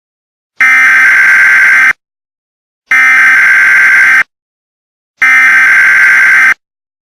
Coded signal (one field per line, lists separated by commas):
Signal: Emergency Alert System (SAME) tones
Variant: header bursts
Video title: EAS Scenario: Nuclear Trucks